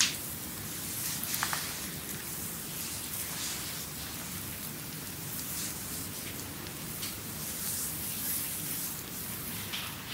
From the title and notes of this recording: ASMR Creamy Full Body Massage by Adel.